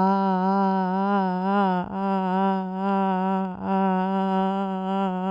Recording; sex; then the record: sustained vowel /a/; female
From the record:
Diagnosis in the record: Parkinson's disease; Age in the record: 80 years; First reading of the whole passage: 169 s, 3.1 characters per second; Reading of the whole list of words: 101 s, 2.8 characters per second